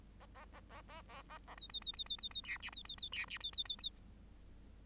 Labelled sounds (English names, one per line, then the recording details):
Bengalese Finch song
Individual Bird8